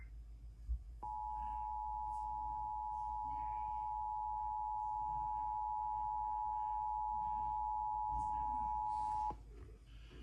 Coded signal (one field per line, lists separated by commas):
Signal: Emergency Alert System (SAME) tones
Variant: 853 and 960 Hz attention tone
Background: speech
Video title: EAS: WBAP SVR Broadcast 1 Plao Pinto, TX